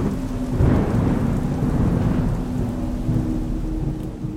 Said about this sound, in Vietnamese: Một đêm mưa gió cứ thế trôi qua.